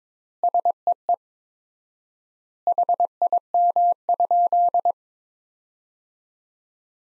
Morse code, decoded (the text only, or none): SEE HIM?